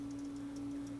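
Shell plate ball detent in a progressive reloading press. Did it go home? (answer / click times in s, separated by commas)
no / none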